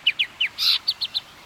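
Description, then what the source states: Millerbird calls: a few high, downslurred chirps, one longer buzzy note, then three quick sharp chirps. Endangered small gray songbird of Laysan and Nihoa; 50 birds were moved from Nihoa to Laysan in the 2010s; the reintroduced birds are named ululu niau in Hawaiian.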